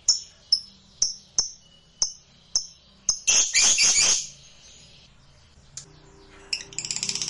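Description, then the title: Lovebird chirps: sharp, high single notes repeated in a quick series, then a short burst of harsh chatter, a pause, and more rapid chattering at the end. Used to provoke a reluctant lovebird into singing spontaneously. "LOVEBIRD Malas Bunyi JADI GREGET SPONTAN Langsung NARIK"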